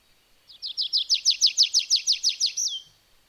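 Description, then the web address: Bird song made of a dozen evenly spaced high chirps, about three per second, closing with one longer down-slurred note. "madarak enek"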